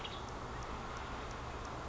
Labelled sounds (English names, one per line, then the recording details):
Western Tanager
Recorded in Sonoma County, California